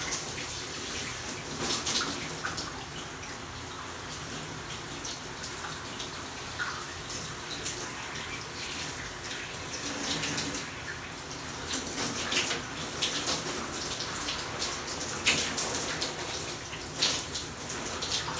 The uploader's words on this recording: I was listening to the shower water rain down on to my shoulders and I was just about mesmerized . Quick evening showers.